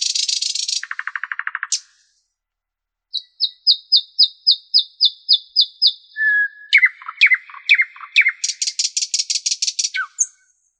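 Common nightingale song: a buzzy rattle, a pause, then a steady train of clear repeated notes followed by varied sharp notes and a fast rattle.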